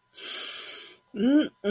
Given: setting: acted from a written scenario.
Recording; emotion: vocal sound without words; desire